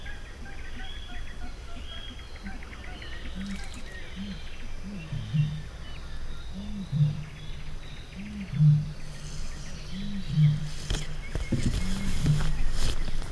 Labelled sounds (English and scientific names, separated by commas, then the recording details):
Little Crake (Porzana parva)
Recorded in the wild
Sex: male
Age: adult
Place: Kützerhof, Kummerower See, Mecklenburg-Vorpommern, DE
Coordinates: 53.8653, 12.8761
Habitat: wetland
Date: 2008-05-27 22:00
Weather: wolkig, 11°C, kaum Wind
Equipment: Sound Devices 702, Sennheiser MKH 70, Windkorb
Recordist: Frommolt, Karl-Heinz